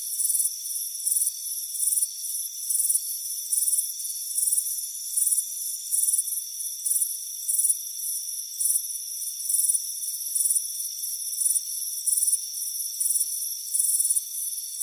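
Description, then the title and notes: Crickets chirping in high, pulsed bursts over steady high-pitched trilling tones; no other sounds. Warm afternoon, front porch. "Soothing Crickets Chirping Sound. It's a warm afternoon as you relax in a hammock on the front porch. Relax and fall asleep to the soothing sound of chirping crickets. Deep Sleep Sounds"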